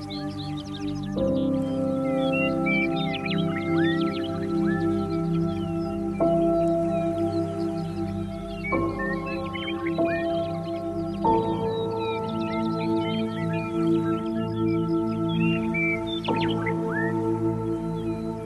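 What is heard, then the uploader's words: Steady layered tones in the 396, 432, 528 and 852 Hz range hum throughout, shifting pitch every few seconds, with birds chirping constantly above. Third Eye Chakra, Frequency 852 Hz - 396 Hz + 432 Hz + 528 Hz.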